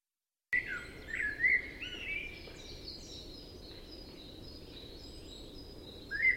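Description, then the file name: Common blackbird starting with a warbled fluty phrase, then a pause with faint high chirps, and another phrase beginning at the end. "Turdus merula"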